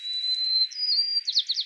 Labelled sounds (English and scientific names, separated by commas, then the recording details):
White-crowned Sparrow (Zonotrichia leucophrys) song
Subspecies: nuttalli
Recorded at Limantour, California, in 2014
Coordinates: 38.023, -122.867
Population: north
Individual CoastTrail1_14